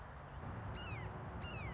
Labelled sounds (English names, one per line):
Red-shouldered Hawk